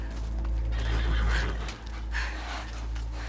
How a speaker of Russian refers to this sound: Призрачные лошади из белого дыма, везущие за собой черную карету смерти, останавливаются рядом с ней.